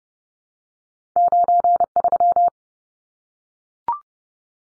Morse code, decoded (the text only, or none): 93